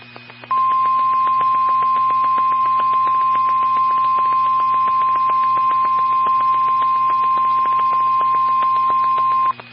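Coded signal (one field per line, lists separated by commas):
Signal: Emergency Alert System (SAME) tones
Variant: 1050 Hz attention tone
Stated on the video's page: Ohio statewide tornado drill received on weather radio stations WWG57, WXJ46 and KIG86.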